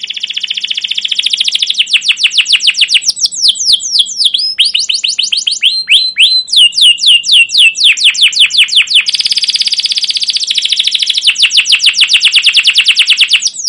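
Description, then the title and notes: Canary song: long, fast, rolling trills of high, thin notes, shifting into sharply slurred whistles midway, then back to dense rapid trilling without a break. Caged domestic canary singing long, continuous chirping and rolling song, used as a lure and master tutor recording to teach young canaries sounds. "CUIT CUIT NGEROL LANGSUNG GACOR PANJANG Kenari. PANCINGAN Kenari GACOR PANJANG Cuit CUIT EMOSI. MASTERAN Kenari PAUD belajar BUNYI. burung kenari"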